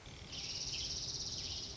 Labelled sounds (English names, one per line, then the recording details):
Dark-eyed Junco
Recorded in Sonoma County, California